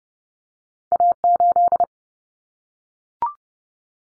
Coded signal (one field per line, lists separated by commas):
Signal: Morse code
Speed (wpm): 30 wpm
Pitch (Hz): 700 Hz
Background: none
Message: A8